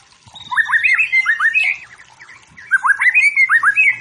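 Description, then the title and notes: White-rumped shama singing two rich bursts of quick, looping whistled notes rising and dipping, separated by a short pause with softer chatter behind. Wild forest white-rumped shama singing energetically; used as training song for competition birds, said to provoke fighting spirit. "Murai Batu Hutan. Murai Batu Gacor"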